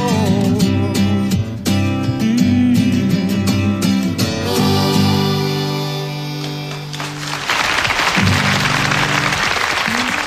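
audience applause

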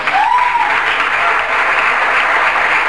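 audience applause

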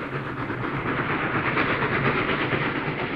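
train rolling on rails

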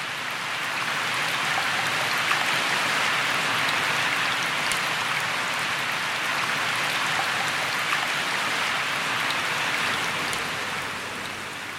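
rain falling

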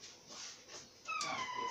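cat meowing

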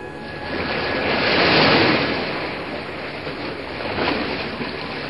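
sea waves and surf

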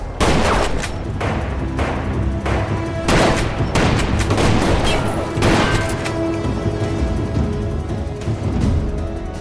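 gunshots fired

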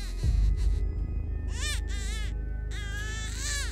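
child crying

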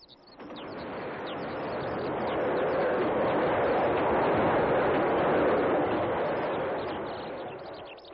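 train passing

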